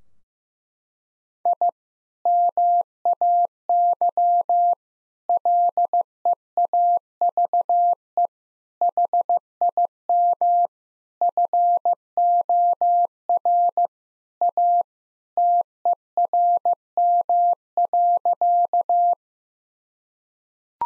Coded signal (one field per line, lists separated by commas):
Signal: Morse code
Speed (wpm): 15 wpm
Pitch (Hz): 700 Hz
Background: none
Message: I MAY LEAVE HIM FOR A TERM.